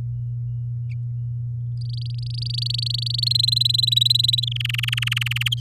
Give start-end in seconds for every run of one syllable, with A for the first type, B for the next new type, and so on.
1.81-3.33 A, 3.34-4.45 B, 4.47-5.54 C